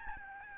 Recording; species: mosquito wingbeat signal from an infrared sensor; Aedes albopictus